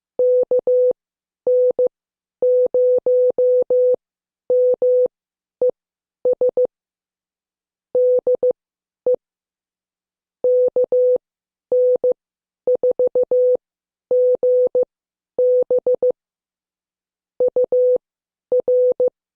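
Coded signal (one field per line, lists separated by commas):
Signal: Morse code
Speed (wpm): 15 wpm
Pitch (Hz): 500 Hz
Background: none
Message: KN0MES DE KN4GB UR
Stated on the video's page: Morse code class lesson, tenth session.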